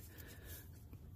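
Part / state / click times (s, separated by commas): wiring harness plug onto ignition coil / not seated / none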